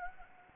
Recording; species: mosquito wingbeat signal from an infrared sensor; Anopheles gambiae